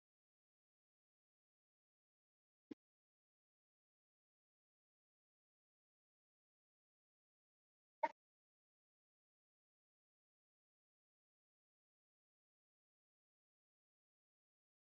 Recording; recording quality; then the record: deep breathing; poor, much background noise or distortion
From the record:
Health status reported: COVID-19 positive, mild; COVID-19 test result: positive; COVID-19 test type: RT-PCR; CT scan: not taken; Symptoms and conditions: cough, cold, fever, hypertension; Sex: male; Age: 65 years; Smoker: no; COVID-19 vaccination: both doses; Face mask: worn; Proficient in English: no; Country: India